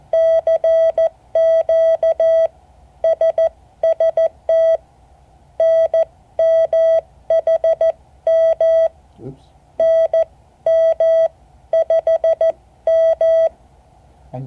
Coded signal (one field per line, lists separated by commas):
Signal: Morse code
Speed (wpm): 14 wpm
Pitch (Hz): 650 Hz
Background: speech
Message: CQ SST NMHM NM5M